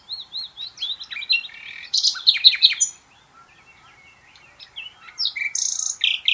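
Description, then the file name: Common nightingale delivering repeated clear whistled notes, then a powerful throbbing trill, a quiet pause with soft twitters, and a final burst of scratchy notes. "Luscinia megarhynchos"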